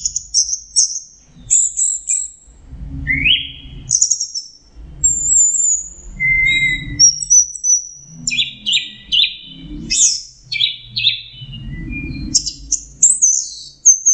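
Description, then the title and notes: Orange-headed thrush song mixing thin high whistles, a rising buzzy phrase and rapid chattering trills, with recurring low rumbling noise bursts. Masteran training recording for songbirds; Anis Merah teler song style. "Suara Burung Anis Merah Teler. Masteran Anis Kembang"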